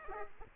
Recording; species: mosquito wingbeat signal from an infrared sensor; Aedes aegypti